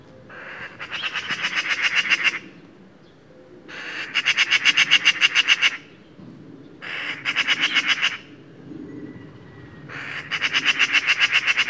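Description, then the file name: Eurasian magpie giving harsh rattling chatter calls in four bursts of rapid, evenly repeated notes, each burst lasting about one to two seconds with pauses between. "Pica pica"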